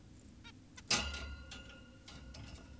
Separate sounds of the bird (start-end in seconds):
0.45-0.52, 0.78-0.82